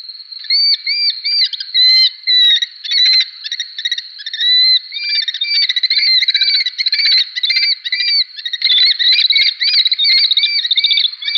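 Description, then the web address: Red-footed falcon calls, continuous high squealing and chattering notes, many rising then falling, with no pause throughout. "Schulze Peter Red-footed Falcon"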